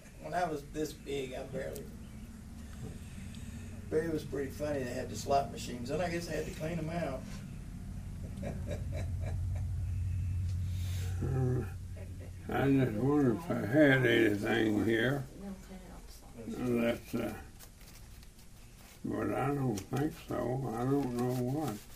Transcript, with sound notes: When I was this big, I barely, but it was pretty funny they had the slot machines. Then I guess they had to clean them out [Chuckling] 21:00
I just wondered if I had anything here that’s, that’s…but I don’t think so, I don’t know what.